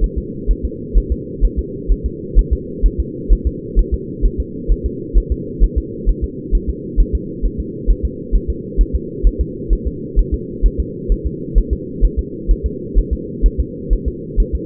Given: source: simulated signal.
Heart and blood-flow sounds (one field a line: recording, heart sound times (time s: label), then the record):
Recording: fetal heart sounds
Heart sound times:
0.04 s: S1
0.18 s: S2
0.51 s: S1
0.65 s: S2
0.97 s: S1
1.12 s: S2
1.45 s: S1
1.59 s: S2
1.92 s: S1
2.06 s: S2
2.39 s: S1
2.53 s: S2
2.86 s: S1
3.00 s: S2
3.33 s: S1
3.47 s: S2
3.79 s: S1
3.94 s: S2
4.25 s: S1
4.40 s: S2
4.72 s: S1
4.86 s: S2
5.18 s: S1
5.32 s: S2
5.63 s: S1
5.78 s: S2
6.09 s: S1
6.24 s: S2
6.55 s: S1
6.70 s: S2
7.00 s: S1
7.15 s: S2
7.45 s: S1
7.60 s: S2
7.90 s: S1
8.05 s: S2
8.36 s: S1
8.50 s: S2
8.81 s: S1
8.96 s: S2
9.27 s: S1
9.41 s: S2
9.73 s: S1
9.88 s: S2
10.19 s: S1
10.34 s: S2
10.66 s: S1
10.80 s: S2
11.12 s: S1
11.27 s: S2
11.58 s: S1
11.73 s: S2
12.05 s: S1
12.19 s: S2
12.51 s: S1
12.66 s: S2
12.98 s: S1
13.13 s: S2
13.46 s: S1
13.60 s: S2
13.93 s: S1
14.08 s: S2
14.40 s: S1
14.55 s: S2
From the record:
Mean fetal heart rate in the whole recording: 130 bpm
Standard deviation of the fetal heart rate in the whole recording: 2 bpm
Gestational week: 36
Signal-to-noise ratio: -4.1 dB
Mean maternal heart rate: no maternal heart sound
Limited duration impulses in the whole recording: absent